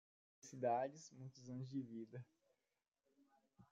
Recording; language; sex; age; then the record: short text; Brazilian Portuguese; female; 40 to 49 years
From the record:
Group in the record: control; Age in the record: 44 years